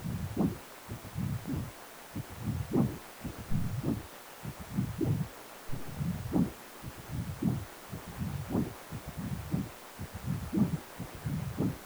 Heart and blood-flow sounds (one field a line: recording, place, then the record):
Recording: Doppler ultrasound of blood flow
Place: precordium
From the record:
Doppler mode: continuous wave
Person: healthy adult, 18 to 50 years, no heart murmur, not diving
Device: 2.5 MHz transducer